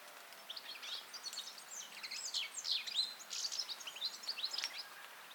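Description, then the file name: European goldfinch song, a lively, continuous stream of twittering, chirping and rapid trilled notes, jumbled and high-pitched, lasting most. "Carduelis carduelis"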